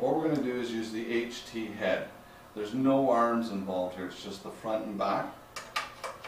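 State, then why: Seated. Someone talks while a front-and-back mount head with no arms, the HT head, is pushed onto the 12-inch vertical bar of a rolling floor stand used for an iMax or eye gaze system. A sharp click at 5.8 s, between smaller knocks, marks the head popping onto the bar and locking in place, fully seated.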